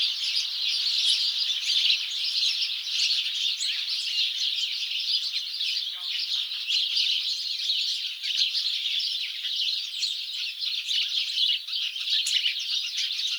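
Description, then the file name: House sparrows chirping as a crowd, a long, unbroken stream of high overlapping chirps and twitters with steady loudness throughout. "Passer domesticus"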